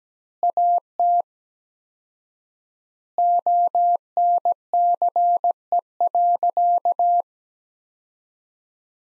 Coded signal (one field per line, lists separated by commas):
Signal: Morse code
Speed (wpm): 17 wpm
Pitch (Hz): 700 Hz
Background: none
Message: AT ONCE.